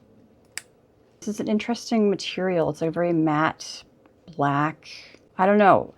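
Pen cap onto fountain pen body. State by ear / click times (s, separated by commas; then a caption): seated / 0.6 s. A matte black cap is snapped onto the body of a Lamy 2000 fountain pen during unboxing, giving a sharp, fast-decaying click at 0.6 s as the cap seats shut. Someone talks afterward.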